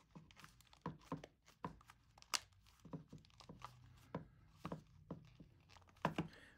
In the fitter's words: you will hear the snaps